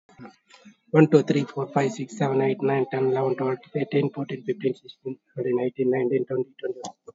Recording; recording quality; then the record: counting at a fast pace; excellent, no background noise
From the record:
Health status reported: COVID-19 positive, mild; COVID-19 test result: positive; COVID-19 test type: RT-PCR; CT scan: taken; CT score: 0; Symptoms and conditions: cough, cold, sore throat, fever, fatigue, loss of smell and taste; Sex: male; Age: 63 years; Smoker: no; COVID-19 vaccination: both doses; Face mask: worn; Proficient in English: yes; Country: India